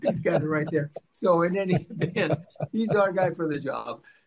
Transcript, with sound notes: He's got it right there. So in any event-
(laughs)
... he's our guy for the job.